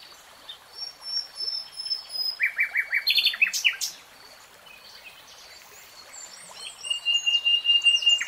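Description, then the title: Nightingale song with varied chirps and rapid notes, a pause, then a steady repeated phrase. Nightingale singing in real time. "[Tiếng chim hót] 3 Hours REALTIME Nightingale Singing"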